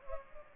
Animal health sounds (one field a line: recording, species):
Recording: mosquito wingbeat signal from an infrared sensor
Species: Culex pipiens